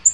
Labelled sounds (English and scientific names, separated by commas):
Black-throated Green Warbler (Setophaga virens) flight call